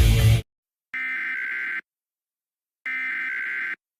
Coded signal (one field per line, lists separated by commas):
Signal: Emergency Alert System (SAME) tones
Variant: header bursts